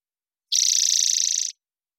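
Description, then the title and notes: Spotted towhee song: a single dry, buzzy trill of rapid even pulses lasting about one second, steady in pitch, against silence. Wild bird recorded in the Pacific Northwest, Washington, United States, with a parabolic microphone; clean-processed for clarity with natural pace and rhythm kept. "BIRDSong New World Sparrows - Spotted Towhee Song. Spotted Towhee, Pipilo maculatus, parabolic recording. Recorded in the beautiful Pacific Northwest, Washington, United States"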